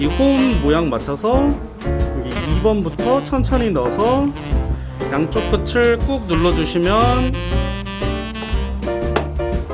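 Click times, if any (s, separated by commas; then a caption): 9.2 s. A DDR4 memory module is pressed down at both ends into a motherboard DIMM slot while someone talks over background music. A sharp click is heard at 9.2 s as the retaining clip snaps shut and the module seats.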